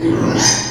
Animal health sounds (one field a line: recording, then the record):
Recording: squeal of a Yucatan mini pig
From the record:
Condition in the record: before surgery on the right vocal fold (resection and tissue-engineered implant)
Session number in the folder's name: 2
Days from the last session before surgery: 0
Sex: male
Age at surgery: 12 weeks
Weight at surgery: 13 kg